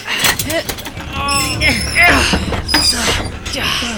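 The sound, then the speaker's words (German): A wooden shed door, bolted from the outside, is pulled open, its hinges letting out a series of drawn-out, wavering squeals and creaks that rise and fall in pitch over a few seconds. “Die Tür ist von außen verriegelt. Kommt, helft mir mal.”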